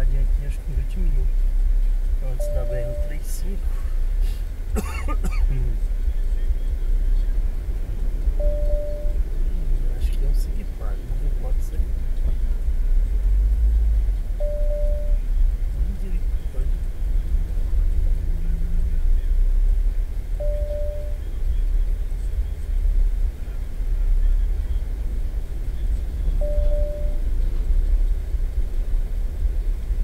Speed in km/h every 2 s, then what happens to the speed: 6, 6, 7, 8, 7, 6, 8, 9, 9, 8, 10, 10, 9, 8, 8.
0-30 steady at about 8.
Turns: none.